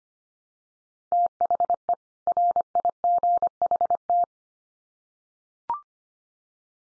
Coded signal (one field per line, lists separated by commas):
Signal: Morse code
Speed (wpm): 25 wpm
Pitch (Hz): 700 Hz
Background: none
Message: THE RIGHT